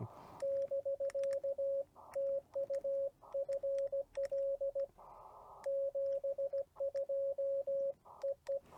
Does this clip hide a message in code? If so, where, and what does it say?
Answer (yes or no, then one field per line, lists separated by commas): yes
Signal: Morse code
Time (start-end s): 0.4-8.6 s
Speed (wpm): 20 wpm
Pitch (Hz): 560 Hz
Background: radio noise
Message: <BK> TU FL 72 EE